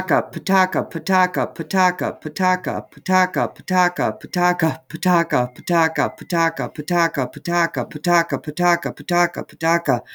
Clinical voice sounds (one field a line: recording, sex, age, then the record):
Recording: repeated syllables /pa ta ka/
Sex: female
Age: 30 to 39 years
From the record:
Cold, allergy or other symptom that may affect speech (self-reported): no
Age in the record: 38 years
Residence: Wisconsin, United States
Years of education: 12